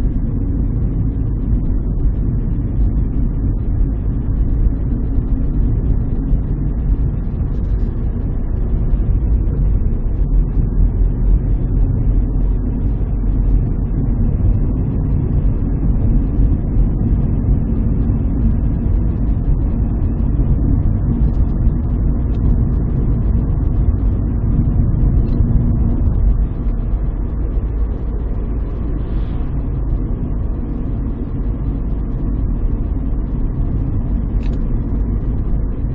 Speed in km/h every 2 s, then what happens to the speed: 42, 41, 43, 45, 47, 47, 51, 54, 56, 58, 60, 60, 60, 60, 58, 56, 55, 56.
0-11 steady at about 43. 11-20 speeds up to 60. 20-36 steady at about 58.